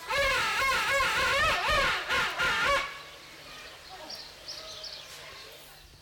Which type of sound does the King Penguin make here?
call